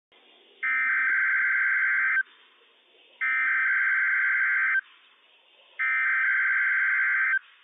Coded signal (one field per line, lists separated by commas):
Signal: Emergency Alert System (SAME) tones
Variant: header bursts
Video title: NWS PDT Required Weekly Test - WWF56 - EAS #97 - 10:07 AM PDT 5/12/21